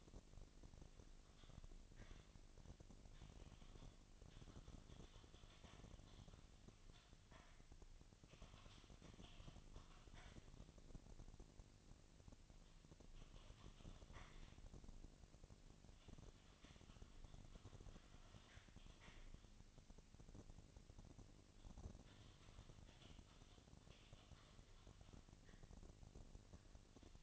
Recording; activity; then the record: daily activity, microphone in the room; typing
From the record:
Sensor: 4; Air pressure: 1000.0 hPa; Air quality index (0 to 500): 230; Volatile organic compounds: 30 ppm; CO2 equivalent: 2967 ppm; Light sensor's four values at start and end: 9/21/8/8 and 9/21/8/8